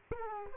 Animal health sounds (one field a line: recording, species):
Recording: mosquito wingbeat signal from an infrared sensor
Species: Aedes aegypti